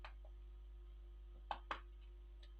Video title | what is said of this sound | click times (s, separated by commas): Framework 13 Laptop DIY edition - Unboxing and Setup | clicked into place perfect okay | 1.5 s